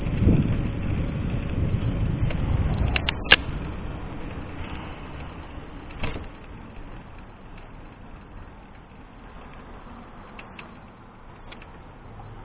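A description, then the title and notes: A ride along a city street with low rumbling traffic that fades after three seconds, a few sharp clicks and knocks, then quieter steady noise. Riding north on SW 10th from Burnside to Fields Park.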